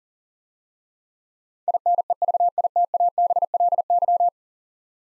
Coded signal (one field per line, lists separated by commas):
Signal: Morse code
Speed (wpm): 37 wpm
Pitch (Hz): 700 Hz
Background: none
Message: INEVITABLY